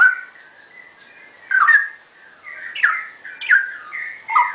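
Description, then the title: Oriental magpie-robin giving long, sweet whistled notes, some steady and some sliding down, with a few sharp accented notes in between. "Kicau Kacer"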